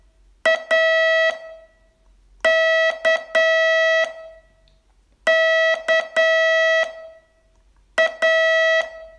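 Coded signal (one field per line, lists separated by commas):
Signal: Morse code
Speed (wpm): 10 wpm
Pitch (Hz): 650 Hz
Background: none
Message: A K K A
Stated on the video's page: Morse training lesson, day 23 of a 42-day course.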